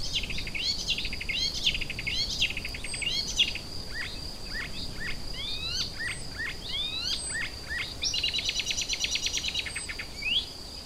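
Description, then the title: Icterine warbler song mixing scratchy chatter, rising and falling whistled slurs and a buzzy trill toward the end, with a steady high tone throughout. Kirchdorf, Germany. "Kirchdorf, Deutschland - Gelbspötter"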